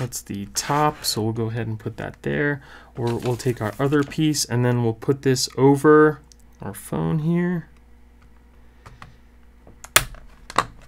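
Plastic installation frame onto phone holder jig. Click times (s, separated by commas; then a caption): 10.0 s. Someone talks for the first several seconds, then places the second piece of a liquid-glue screen protector installation kit, a plastic frame, over a Samsung Galaxy Z Fold 3 phone in its holder. It snaps into place with a sharp plastic click at 10.0 s, among a few fainter handling taps. The frame is locked onto the phone holder.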